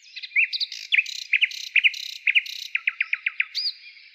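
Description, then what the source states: Nightingale delivering bright, sharply slurred notes in repeated pairs, then a quick series of short chirps and a final slurred note. Nightingale trill.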